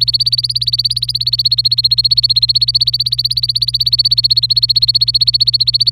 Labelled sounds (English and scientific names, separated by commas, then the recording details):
Domestic Canary (Serinus canaria) song
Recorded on 26 April 2018 at 10:13
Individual llb3